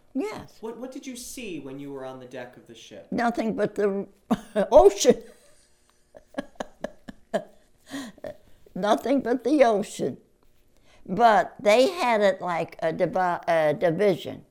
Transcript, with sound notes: Yes.
What did you see when you were on the deck of the ship?
Nothing but the ocean. (Laughs) Nothing but the ocean. But they had it like a divide — er--division.